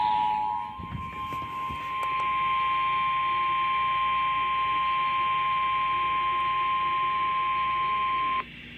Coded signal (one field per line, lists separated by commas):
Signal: Emergency Alert System (SAME) tones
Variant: 1050 Hz attention tone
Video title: May 25, 2018 EAS weather alerts (EAS #626-632)